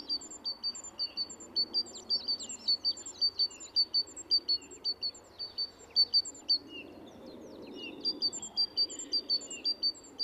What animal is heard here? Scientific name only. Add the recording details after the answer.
Parus major. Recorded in the wild. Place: Kaiserslautern, Rheinland-Pfalz, DE. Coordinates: 49.4283, 7.77889. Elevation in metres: 279. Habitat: garden. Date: 1977-03-06. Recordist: Tretzel, Erwin